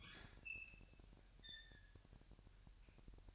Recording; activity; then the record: daily activity, microphone in the room; open fridge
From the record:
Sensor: 2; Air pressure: 1001.8 hPa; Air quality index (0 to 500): 244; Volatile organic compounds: 34 ppm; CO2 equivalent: 3042 ppm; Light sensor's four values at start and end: 8/28/11/10 and 8/28/11/10